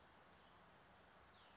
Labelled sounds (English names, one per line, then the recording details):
Brown Creeper
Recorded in Sonoma County, California